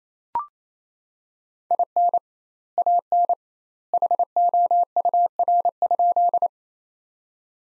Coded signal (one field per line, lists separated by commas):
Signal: Morse code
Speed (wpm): 28 wpm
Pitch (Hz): 700 Hz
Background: none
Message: IN AN HOUR?